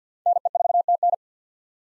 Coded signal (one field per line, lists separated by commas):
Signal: Morse code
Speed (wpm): 50 wpm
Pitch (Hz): 700 Hz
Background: none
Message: NE4TN